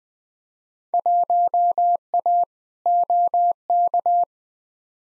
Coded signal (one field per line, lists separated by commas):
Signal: Morse code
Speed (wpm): 20 wpm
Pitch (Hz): 700 Hz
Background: none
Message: 1A OK